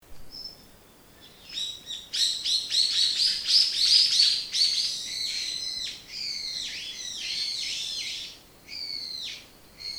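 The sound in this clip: Bird song, a fast run of high chirps and bright downslurred whistles, dense twittering phrases with brief pauses between bursts, no other clear sounds.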